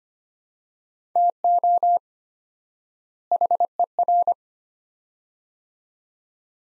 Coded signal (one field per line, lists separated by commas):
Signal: Morse code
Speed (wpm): 25 wpm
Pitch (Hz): 700 Hz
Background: none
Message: TO HER